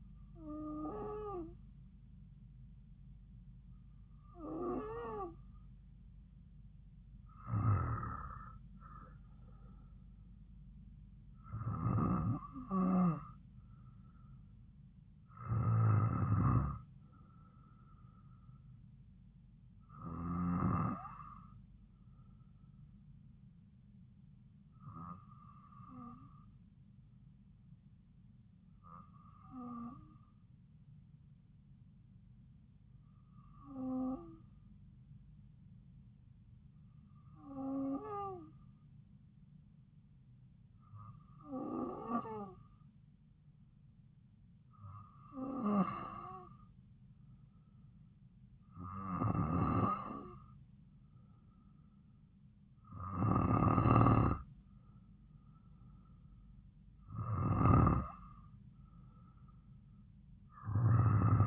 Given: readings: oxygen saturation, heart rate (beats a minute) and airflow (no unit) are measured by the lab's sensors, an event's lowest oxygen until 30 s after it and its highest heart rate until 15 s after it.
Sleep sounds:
breathing in sleep by a smartphone at the bedside; 1
31.00-50.10 s: hypopnea (N2, oxygen 95% highest, then 92% lowest)
From the record:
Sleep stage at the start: N2 (light sleep); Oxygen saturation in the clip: 93 to 95%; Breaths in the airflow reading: 15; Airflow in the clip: -3.5 to 3.8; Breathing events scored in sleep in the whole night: 270 in 6.1 hours asleep

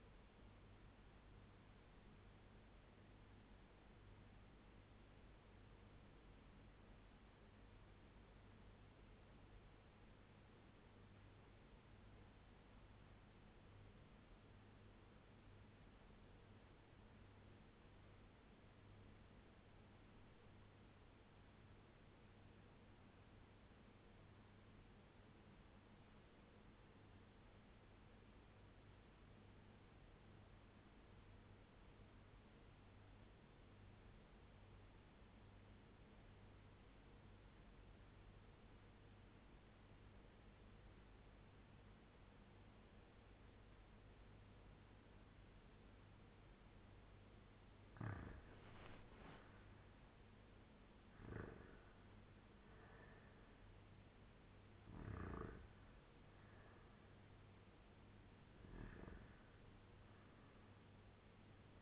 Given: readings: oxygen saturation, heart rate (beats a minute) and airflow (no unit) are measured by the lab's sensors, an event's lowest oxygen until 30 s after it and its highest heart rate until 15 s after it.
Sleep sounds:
breathing in sleep by a voice recorder at the bedside; 1
3.00-47.70 s: obstructive apnea (REM, oxygen 97% highest, then 83% lowest)
From the record:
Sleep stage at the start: REM sleep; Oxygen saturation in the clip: 83 to 97%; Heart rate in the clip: 79 to 94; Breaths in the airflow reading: 5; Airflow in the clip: -8.1 to 6.1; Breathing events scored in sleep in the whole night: 201 in 6.5 hours asleep

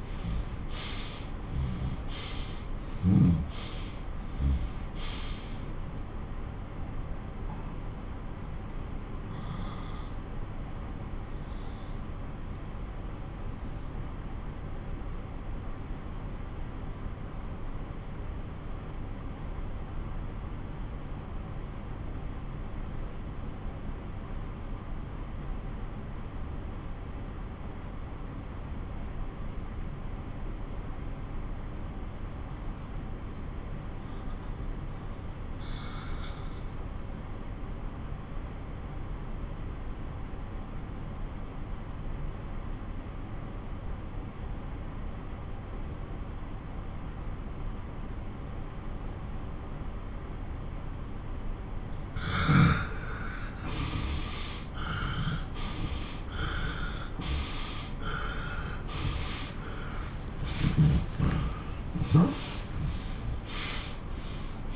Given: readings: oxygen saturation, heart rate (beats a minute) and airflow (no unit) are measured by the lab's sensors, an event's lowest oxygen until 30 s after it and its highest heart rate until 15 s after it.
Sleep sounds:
breathing in sleep by a smartphone at the bedside; 1
2.00-62.00 s: new sleep stage, N2 (light sleep)
4.00-50.90 s: obstructive apnea (N2, oxygen 96% highest, then 90% lowest)
62.00-64.76 s: new sleep stage, N1 (lightest sleep)
From the record:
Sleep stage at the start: N1 (lightest sleep); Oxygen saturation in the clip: 88 to 96%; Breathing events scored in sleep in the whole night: 217 in 6.3 hours asleep

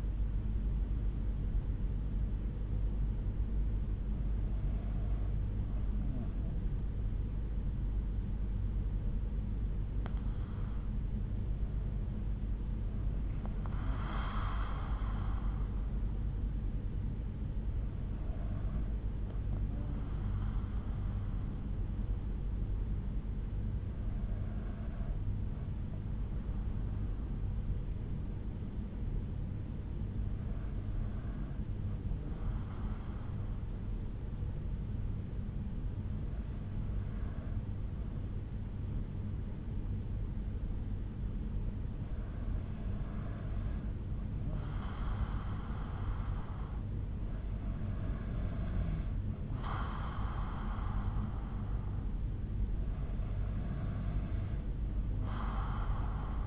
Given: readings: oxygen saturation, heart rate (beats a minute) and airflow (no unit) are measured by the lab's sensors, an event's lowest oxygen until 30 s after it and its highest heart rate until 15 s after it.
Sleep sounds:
breathing in sleep by a smartphone at the bedside; 1
10.00-44.00 s: hypopnea (N2, oxygen 96% highest, then 93% lowest)
From the record:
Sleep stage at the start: N2 (light sleep); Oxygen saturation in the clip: 93 to 96%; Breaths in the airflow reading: 9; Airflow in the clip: -4.3 to 5.0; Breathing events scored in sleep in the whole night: 368 in 8.0 hours asleep

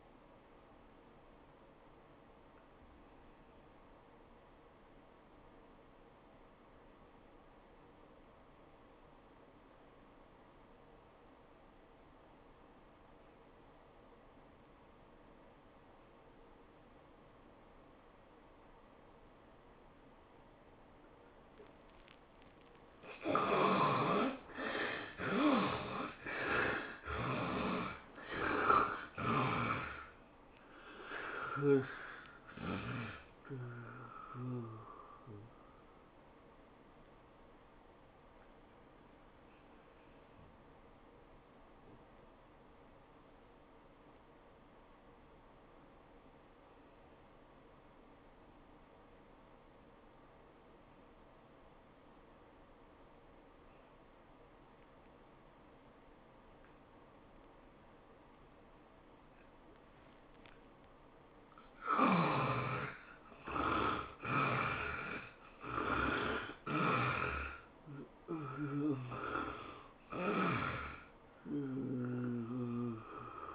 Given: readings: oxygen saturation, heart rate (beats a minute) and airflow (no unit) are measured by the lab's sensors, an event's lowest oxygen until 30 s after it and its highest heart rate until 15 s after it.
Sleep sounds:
breathing in sleep by a voice recorder at the bedside; 2
3.00-22.00 s: obstructive apnea (N1, oxygen 91% highest, then 71% lowest, heart rate 83 at the start, 106 highest)
36.00-61.10 s: hypopnea (N1, oxygen 95% highest, then 71% lowest, heart rate 104 at the start, 104 highest)
From the record:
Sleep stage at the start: N1 (lightest sleep); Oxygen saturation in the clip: 71 to 95%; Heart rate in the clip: 74 to 106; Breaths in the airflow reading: 9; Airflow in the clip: -16.3 to 15.1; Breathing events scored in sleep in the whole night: 403 in 5.5 hours asleep

